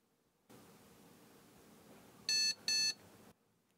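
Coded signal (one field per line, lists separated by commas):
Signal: beep code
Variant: 286 motherboard BIOS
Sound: two short, equal electronic beeps in quick succession over faint hiss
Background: quiet room hum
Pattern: 2 short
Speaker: two beeps doesn't like that so i need to get a monitor rigged up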